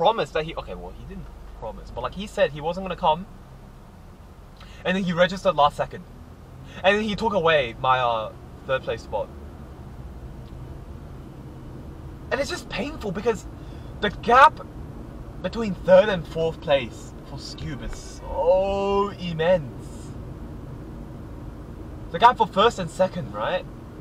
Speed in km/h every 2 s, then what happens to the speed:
0, 2, 6, 14, 20, 29, 36, 39, 41, 39, 39, 40.
0-2 standing. 2-13 pulls away to 39. 13-24 steady at about 39.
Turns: none.